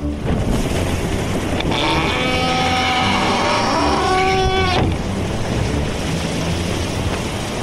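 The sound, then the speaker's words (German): Steady rushing wind and sea noise on the high seas aboard the sailboat Spee voraus roll on throughout, with a drawn-out, shifting tonal creak or groan rising over it for a few seconds in the middle. No one speaks. “Wir waren auf hoher See darauf aus, den Schatten zu jagen.”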